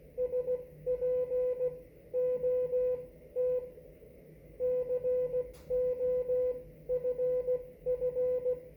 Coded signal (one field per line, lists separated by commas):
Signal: Morse code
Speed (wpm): 16 wpm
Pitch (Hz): 500 Hz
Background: none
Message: SPOT COFF